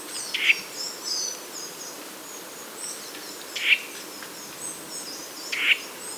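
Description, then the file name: Eurasian nuthatch giving three short, sharp notes, with faint high chirps from other birds in the background. "Sitta europaea"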